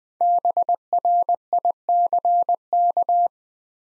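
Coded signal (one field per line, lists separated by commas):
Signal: Morse code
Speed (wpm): 20 wpm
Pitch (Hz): 700 Hz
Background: none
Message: BRICK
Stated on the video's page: 20 wpm Morse practice sending five-letter words, each sent twice, for head-copy training toward word recognition.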